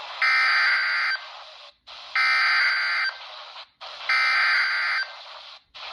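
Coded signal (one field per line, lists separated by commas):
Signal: Emergency Alert System (SAME) tones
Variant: header bursts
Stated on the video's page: Severe thunderstorm warning from NOAA Weather Radio WNG588, Mount Jefferson NC, 162.500 MHz, received about 82 miles away on a RadioShack 12-254 weather radio.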